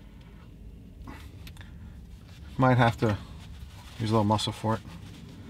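An antenna plug is worked at the socket of an Alpine ILX-007 radio being installed in a 2015-2017 MK7 Golf GTI; it is not yet all the way in and needs extra force. Faint scraping and handling taps come around 1.1 to 1.6 s, and someone talks. Nothing has seated or clicked yet.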